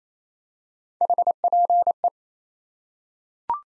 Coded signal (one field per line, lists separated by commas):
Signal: Morse code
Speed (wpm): 28 wpm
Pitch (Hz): 700 Hz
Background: none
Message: HPE